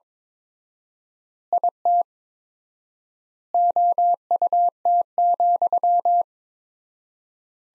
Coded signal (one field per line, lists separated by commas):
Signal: Morse code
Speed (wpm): 22 wpm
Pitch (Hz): 700 Hz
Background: none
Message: IT OUT,